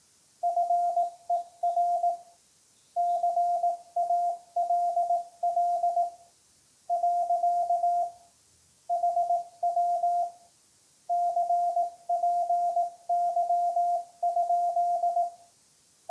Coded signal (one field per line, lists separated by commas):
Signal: Morse code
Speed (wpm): 18 wpm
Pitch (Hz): 700 Hz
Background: none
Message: FER CALL . HW CPY?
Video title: sBitxv3 - CW operation